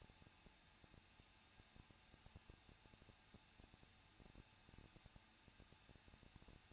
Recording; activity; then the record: daily activity, microphone in the room; no activity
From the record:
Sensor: 2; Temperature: 21.0 degrees Celsius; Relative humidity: 37.5%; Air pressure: 1006.3 hPa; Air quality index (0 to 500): 224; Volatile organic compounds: 25 ppm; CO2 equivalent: 2840 ppm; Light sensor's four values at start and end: 2/3/2/2 and 2/3/2/2